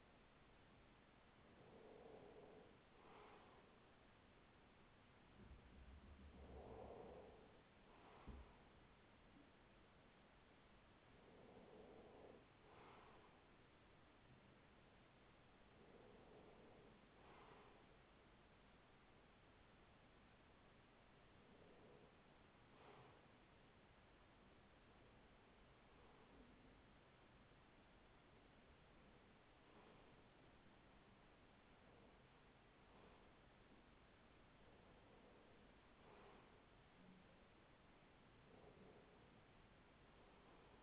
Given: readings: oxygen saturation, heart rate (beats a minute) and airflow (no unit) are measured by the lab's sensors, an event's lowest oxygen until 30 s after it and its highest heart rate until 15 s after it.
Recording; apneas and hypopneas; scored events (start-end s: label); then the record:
breathing in sleep by a voice recorder at the bedside; none
none scored
From the record:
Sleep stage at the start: REM sleep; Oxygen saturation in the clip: 95 to 96%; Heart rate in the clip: 42 to 60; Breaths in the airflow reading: 10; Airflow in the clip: -6.3 to 5.6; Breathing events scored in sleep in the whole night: 207 in 7.6 hours asleep